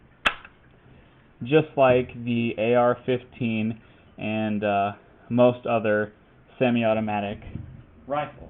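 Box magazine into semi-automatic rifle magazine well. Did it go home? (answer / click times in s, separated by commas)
yes / 0.3 s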